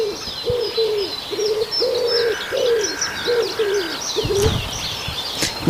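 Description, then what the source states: Common Wood Pigeon song: soft, low, hollow coos given in rhythmic phrases of several notes, while other small birds chirp and twitter high above throughout. Heard during a live spring nature broadcast in Lohja, Finland, after sunrise.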